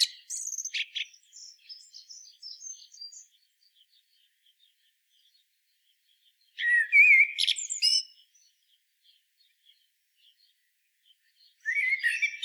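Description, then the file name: Common blackbird song: phrases at the start, middle and end, mixing warbled whistles with high twittery notes, with soft notes and quiet stretches between them. "Turdus merula"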